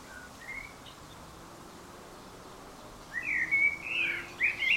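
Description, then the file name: Common blackbird: a few faint notes, then a burst of squeaky high twittering. "Turdus merula"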